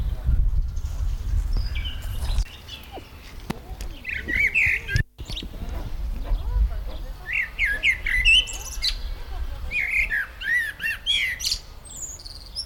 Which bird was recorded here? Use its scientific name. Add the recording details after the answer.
Turdus merula. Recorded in the wild. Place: Tierpark Berlin, Berlin, DE. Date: 1996-05-01 13:23. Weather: heiter, 17°C. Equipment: Sony MD-WM MZ-R3, Sennheiser MKH 416 T, Kopie Uher 4000 Report Monitor. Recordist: Tembrock, Günter